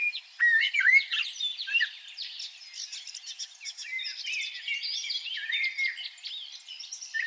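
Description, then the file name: Common blackbird singing a short fluty phrase near the start, then a long run of squeaky, twittering notes. "Turdus merula"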